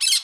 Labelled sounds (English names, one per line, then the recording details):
Brown-throated Parakeet contact call
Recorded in Curacao
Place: Hoffi Jan Thiel
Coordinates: 12.094, -68.877